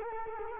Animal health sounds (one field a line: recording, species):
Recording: mosquito wingbeat signal from an infrared sensor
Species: Culex quinquefasciatus